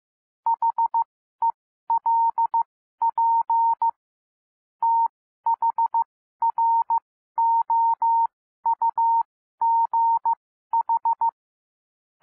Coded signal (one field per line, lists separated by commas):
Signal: Morse code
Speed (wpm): 15 wpm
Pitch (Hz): 920 Hz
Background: none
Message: HELP THROUGH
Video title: Improve Your Morse Code 12-15 WPM - 15-15 WPM